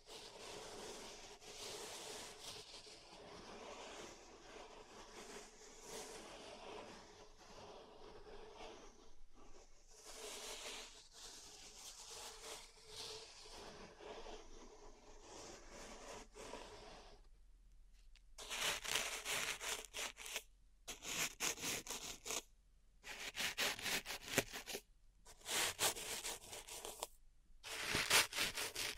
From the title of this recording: Pink Salt Zen Garden Triggers